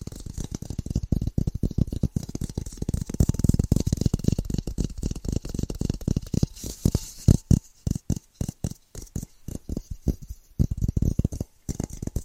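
Fast, rhythmic tapping in dense runs, each tap a short knock with a soft low body and a faint crisp edge. The first half is packed and nearly continuous; after about seven seconds the taps turn sparser and more separated, with brief gaps and quick bursts.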